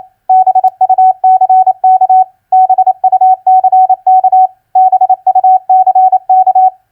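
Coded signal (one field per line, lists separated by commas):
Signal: Morse code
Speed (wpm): 28 wpm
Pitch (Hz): 750 Hz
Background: none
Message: BUCK BUCK BUCK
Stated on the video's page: Common four-letter word recognition practice sent at 28 wpm, played twice.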